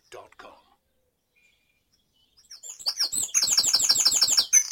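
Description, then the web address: Bird song at dawn: a couple of soft chirps, a quiet gap, then a loud song building into a rapid, high trill of repeated notes. Bird in Mold, North Wales. "beanstalk-audio Dawn Chorus in Mold North Wales"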